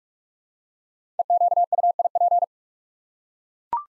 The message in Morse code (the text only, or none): EQUIP